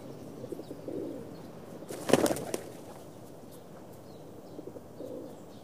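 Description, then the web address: Pigeon wingbeats, a brief loud clatter of wings amid faint low cooing before and after. Cooing and wing flapping of several pigeons in the street. "rulido y aleteo de palomas en la calle"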